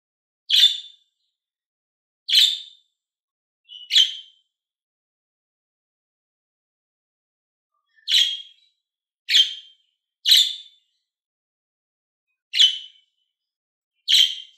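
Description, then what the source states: Lovebird giving short, squeaky, piercing chirps one at a time, irregularly spaced with a long pause midway, about eight calls overall. Happy lovebird.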